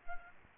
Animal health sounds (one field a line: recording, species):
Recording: mosquito wingbeat signal from an infrared sensor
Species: Aedes aegypti